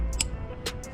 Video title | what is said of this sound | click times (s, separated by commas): Installing Cold Air Intake On My Dodge Challenger | Make sure you hear that click. | 0.2 s